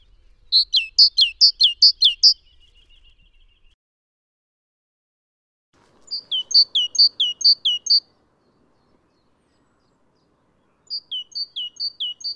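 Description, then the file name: Great tit song: three bursts of rapid paired notes, high then lower, each phrase repeated several times, with faint low rumble early on. "Mesange charbonniere chants"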